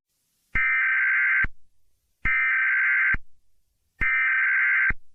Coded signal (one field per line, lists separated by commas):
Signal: Emergency Alert System (SAME) tones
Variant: header bursts